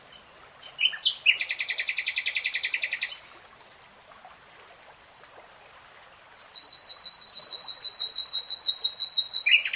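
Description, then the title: Nightingale song: a loud, fast pulsed trill for about two seconds, a pause, then a long series of rapid, evenly repeated high notes building in strength. Nightingale singing, recorded in real time. "[Tiếng chim hót] Nightingale Singing"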